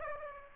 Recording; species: mosquito wingbeat signal from an infrared sensor; Aedes aegypti